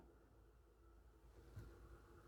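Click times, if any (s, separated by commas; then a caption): none. A final wire-lock piston pin retaining clip is handled at the groove of an aluminum piston pin bore on a custom Ross piston and rod assembly for a Butler Performance Pontiac short block. Only a low, steady hum and faint handling noise are heard, with a slight brief rise around 1.6 s. Nothing has seated or clicked yet.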